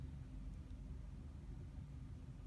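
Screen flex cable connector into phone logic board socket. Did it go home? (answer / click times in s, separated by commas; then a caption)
no / none. A second screen flex cable connector is being handled over its socket on an iPhone 6/6s logic board during a cracked-screen replacement. Only a steady low-frequency rumble is heard, with no sharp transients. Nothing has seated or clicked yet.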